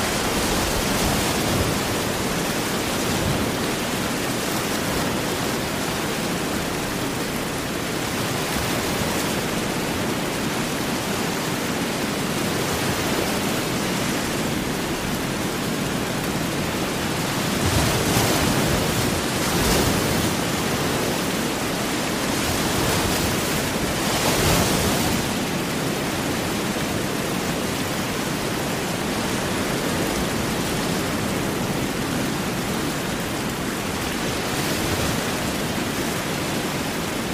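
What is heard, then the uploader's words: Heavy rain hisses in a dense, steady wash, with brighter surges around 18 and 25 seconds that could be waves breaking. Heavy Rain & Big Ocean Waves. Rainstorm Sounds White Noise.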